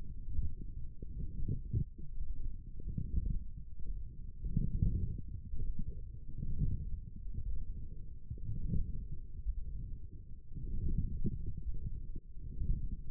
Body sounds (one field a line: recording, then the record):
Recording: forearm muscle sounds (acoustic myography)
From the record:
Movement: forearm supination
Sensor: system 1, eight BSWA MPA416 microphones around the upper forearm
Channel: 2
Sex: male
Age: 20 years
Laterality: left